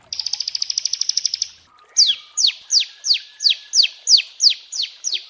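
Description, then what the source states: Prinia song: a quick buzzy trill, then a steady series of loud, sharply downslurred notes repeated about three times a second. Prinia song for bird training (masteran) and therapy.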